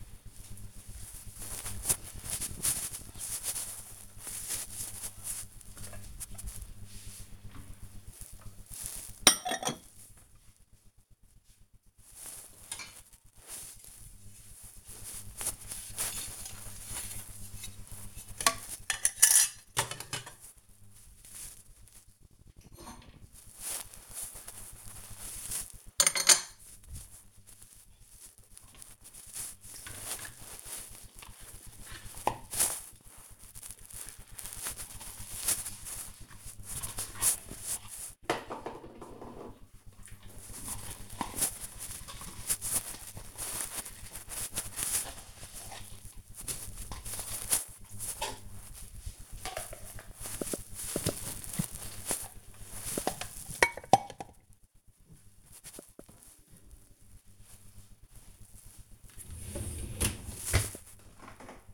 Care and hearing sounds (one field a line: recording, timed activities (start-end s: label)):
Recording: household activities, microphone on the right wrist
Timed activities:
0.00-61.74 s: cleaning out the dishwasher